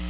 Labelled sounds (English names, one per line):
Black-throated Blue Warbler flight call